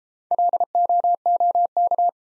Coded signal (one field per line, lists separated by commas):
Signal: Morse code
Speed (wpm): 30 wpm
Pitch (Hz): 700 Hz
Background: none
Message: LOOK